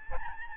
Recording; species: mosquito wingbeat signal from an infrared sensor; Aedes albopictus